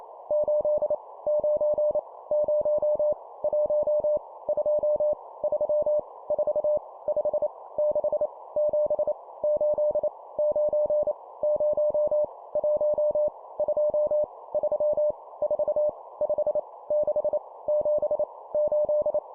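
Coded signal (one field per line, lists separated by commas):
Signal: Morse code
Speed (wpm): 28 wpm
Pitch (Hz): 600 Hz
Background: none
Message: 8 9 0 1 2 3 4 5 6 7 8 9 0 1 2 3 4 5 6 7 8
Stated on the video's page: Morse code practice sending numbers at 25 wpm.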